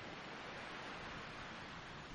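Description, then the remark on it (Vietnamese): Gentle waves wash against an underground shore where there is no wind, in a soft, steady hiss that never rises or falls into distinct breaks. It stays quiet and continuous throughout, with no voices. “Cả đám đi chậm lại, để ý từng con sóng vỗ bờ, không còn hung hãn như lúc nãy nữa, mà chỉ phải nhẹ nhẹ thôi.”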